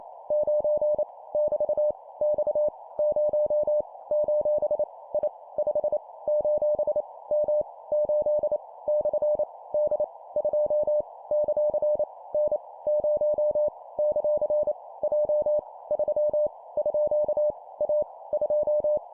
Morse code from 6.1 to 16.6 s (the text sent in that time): : M 8 / D 2 ; N 0 ; J 3